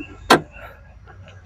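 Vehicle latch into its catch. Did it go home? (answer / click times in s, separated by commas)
yes / 0.3 s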